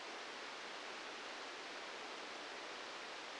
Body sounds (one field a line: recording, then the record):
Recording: brain microelectrode recording played as sound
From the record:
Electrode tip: outside the subthalamic nucleus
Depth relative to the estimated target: 4 mm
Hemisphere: left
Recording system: NeuroSet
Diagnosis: Parkinson's disease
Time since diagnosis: 13 years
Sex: male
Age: 65 years